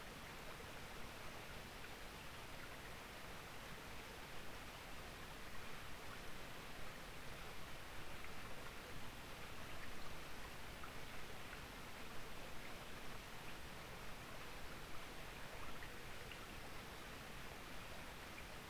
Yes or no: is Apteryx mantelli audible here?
no